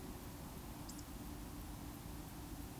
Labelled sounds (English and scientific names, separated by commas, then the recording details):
Eurasian Woodcock (Scolopax rusticola) whistle
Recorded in Baden-Württemberg, Germany, on 22 June 2020 at 20:18 UTC
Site 43286, 227 m above sea level